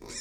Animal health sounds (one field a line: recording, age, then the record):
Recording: pig call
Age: weaner (32 to 43 days)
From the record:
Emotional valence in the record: negative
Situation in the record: novel object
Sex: female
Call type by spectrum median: high-frequency call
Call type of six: high-frequency modulated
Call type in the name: high-frequency modulated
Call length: 0.21 s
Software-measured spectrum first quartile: 931 Hz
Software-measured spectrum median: 4628 Hz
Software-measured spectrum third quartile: 6496 Hz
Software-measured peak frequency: 5304 Hz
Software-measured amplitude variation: 117 dB a second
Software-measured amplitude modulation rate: 23.7 a second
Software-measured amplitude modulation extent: 4.9 dB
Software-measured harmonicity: 2.6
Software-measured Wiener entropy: -2.28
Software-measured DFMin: 519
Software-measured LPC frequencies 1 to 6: 1872, 2301, 3759, 5244, 5679, 7109 Hz